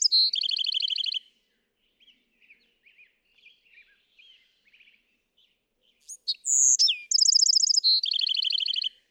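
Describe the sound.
Bewick's wren song: a rapid trill at the start, faint soft chips in the middle, then another full phrase with a high whistle and buzzy trills.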